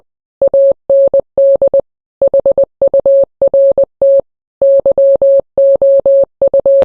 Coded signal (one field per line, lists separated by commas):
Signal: Morse code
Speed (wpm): 20 wpm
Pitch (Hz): 550 Hz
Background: none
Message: AND HURT YOU